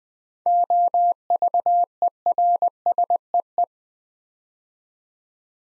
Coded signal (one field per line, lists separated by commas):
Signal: Morse code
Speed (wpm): 20 wpm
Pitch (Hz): 700 Hz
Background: none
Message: OVERSEE